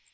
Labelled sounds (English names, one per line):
Magnolia Warbler flight call